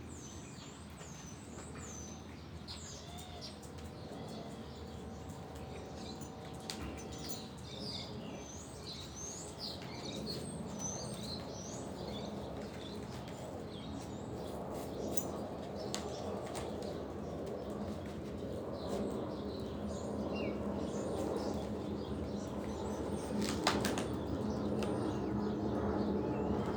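Birds chirp in repeated high calls over a steady low neighborhood hum that slowly grows louder, with brief sharp clicks near twenty-four seconds.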